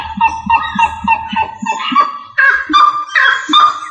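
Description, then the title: Rail giving loud, nasal, honking notes about three per second, then rougher drawn-out calls. "LuckyFamilia RallidaeFrangoSama"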